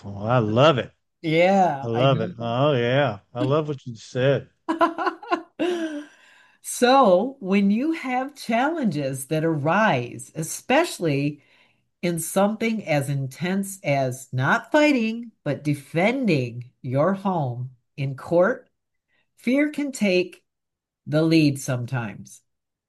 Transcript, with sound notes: I love it.
Yeah, I do too.
I love it. Oh, yeah. I love what you said.
(laughs) So when you have challenges that arise, especially in something as intense as not fighting, but defending your home in court, fear can take the lead sometimes.